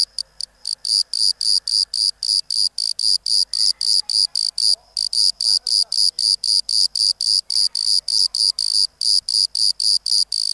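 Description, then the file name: Bordeaux cricket song of rapid, regular high chirps, about four per second. "Modicogryllus bordigalensis"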